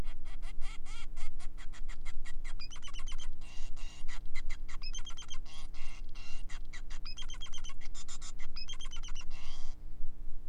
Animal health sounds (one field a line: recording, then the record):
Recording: song of a male Bengalese finch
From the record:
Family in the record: son of father 5